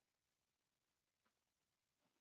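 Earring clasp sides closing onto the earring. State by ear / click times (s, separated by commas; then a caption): not seated / none. Quiet handling of a small earring clasp as its sides are about to be pressed shut onto the earring, with only faint low rustles and a soft tick of contact against a near-silent background. Nothing has clicked or seated yet.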